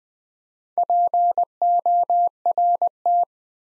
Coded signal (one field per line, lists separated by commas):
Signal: Morse code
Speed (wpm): 20 wpm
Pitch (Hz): 700 Hz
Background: none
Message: PORT